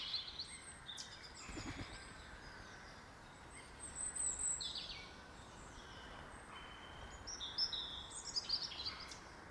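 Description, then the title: Birds give scattered high chirps, short whistled notes and brief trills over a steady background hiss, with a soft thump near two seconds. In a garden. "Birds Sounds in the Garden"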